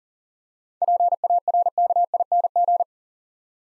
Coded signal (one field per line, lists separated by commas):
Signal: Morse code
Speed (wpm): 37 wpm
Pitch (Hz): 700 Hz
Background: none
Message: PARKING